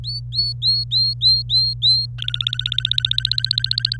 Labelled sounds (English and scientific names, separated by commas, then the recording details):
Domestic Canary (Serinus canaria) song
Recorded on 26 April 2018 at 09:29
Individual llb3